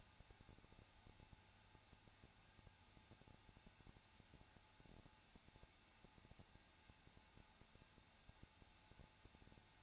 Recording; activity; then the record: daily activity, microphone in the room; no activity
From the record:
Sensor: 2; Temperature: 21.0 degrees Celsius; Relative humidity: 34.2%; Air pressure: 994.4 hPa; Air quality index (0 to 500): 170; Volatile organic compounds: 3 ppm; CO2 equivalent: 1325 ppm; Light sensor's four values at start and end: 2/3/2/2 and 2/3/2/2